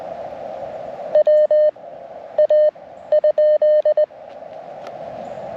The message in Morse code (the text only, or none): WA ?